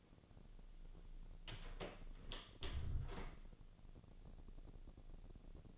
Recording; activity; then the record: daily activity, microphone in the room; close door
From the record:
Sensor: 4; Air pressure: 1001.2 hPa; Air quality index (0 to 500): 182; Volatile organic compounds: 2 ppm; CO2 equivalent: 1301 ppm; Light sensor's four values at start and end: 15/34/14/14 and 16/38/15/16